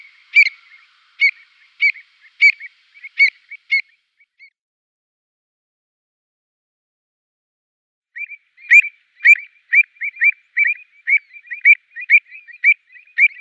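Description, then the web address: Avocet uttering several piping notes, falling silent for several seconds, then resuming with a quicker run of clipped calls. "Schulze Peter Avocet"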